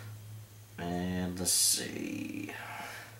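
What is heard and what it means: A ferro rod is pushed toward the small plastic clamp on the back of the sheath of a Mora and Light My Fire Swedish FireKnife while someone talks, with a short bright hiss around 1.5 s. The clip ends before the rod snaps in, so nothing has seated or clicked yet.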